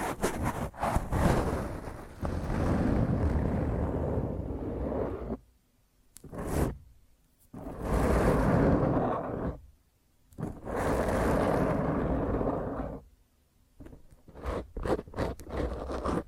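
Harsh, rough scratching of fingernails directly across a microphone, loud and dense, coming in long grinding bursts. Sustained passes run from the start to about five seconds, around eight to ten, and eleven to thirteen, separated by near-silent gaps and short scrapes and knocks.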